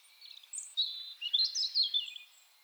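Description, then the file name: European robin song: one short phrase of high, sliding, silvery notes, with clear thin whistles mixed into the rapid warble. "Erithacus rubecula"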